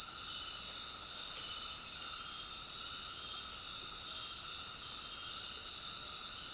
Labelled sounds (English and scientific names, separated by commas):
none